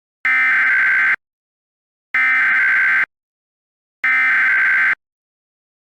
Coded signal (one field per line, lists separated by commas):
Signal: Emergency Alert System (SAME) tones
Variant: header bursts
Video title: Half Life: A Virus EAS Scenario (#10)